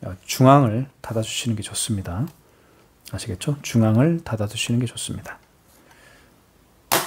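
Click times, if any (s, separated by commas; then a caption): 6.9 s. The plastic paper-roll cover of a KIS-8611Q wireless card payment terminal is pressed closed at its center onto the terminal body. Someone talks for most of the clip, then after a quiet pause a sharp snap is heard at 6.9 s as the cover seats shut.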